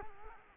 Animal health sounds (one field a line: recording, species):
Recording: mosquito wingbeat signal from an infrared sensor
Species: Culex quinquefasciatus